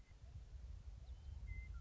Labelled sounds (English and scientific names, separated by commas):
Western Meadowlark (Sturnella neglecta)